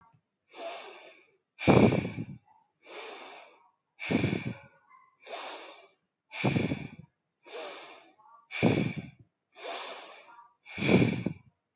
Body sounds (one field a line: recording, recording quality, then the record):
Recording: deep breathing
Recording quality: excellent, no background noise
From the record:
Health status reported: healthy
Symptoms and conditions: none ticked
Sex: female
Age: 30 years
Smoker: not ticked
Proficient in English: yes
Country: India